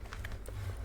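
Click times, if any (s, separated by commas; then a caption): none. Someone handles the plastic cover on a model V8 engine block, pressing its second side toward place, with brief sharp handling taps near 0.1, 0.3 and 0.5 seconds over a steady low hum. Nothing has seated or clicked yet; the clip ends just before the cover goes home.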